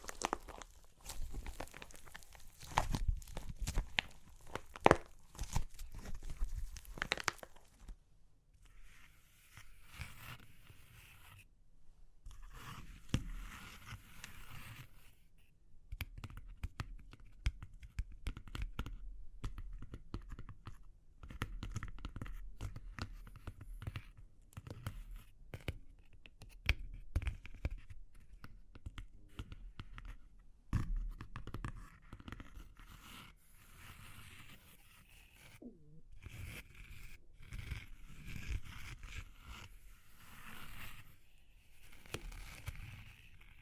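Crunchy clay cracks and crumbles in dense bursts of sharp, crackly snaps, busiest early on, then in scattered clusters with brief quieter gaps.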